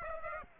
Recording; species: mosquito wingbeat signal from an infrared sensor; Aedes aegypti